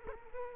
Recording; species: mosquito wingbeat signal from an infrared sensor; Culex quinquefasciatus